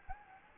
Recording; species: mosquito wingbeat signal from an infrared sensor; Anopheles gambiae